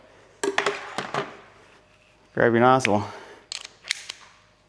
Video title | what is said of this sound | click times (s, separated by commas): 4 way PreWash Shootout - Stars & Stripes (US) vs Decon (UK) vs Primus 2.0 (IT) vs L-Prewash 2.0 (KR) | Just give it a nice little click. It's all ready to go. | 0.4 s